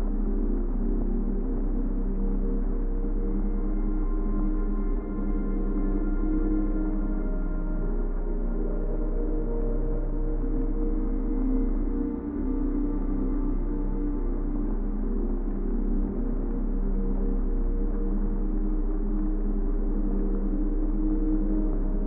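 Ambient sleep music made of long, sustained tones layered over a deep, steady drone. The sound is dark and muffled, with nothing bright on top, and it holds an even level throughout, apart from brief soft dips near 5 and 12 seconds.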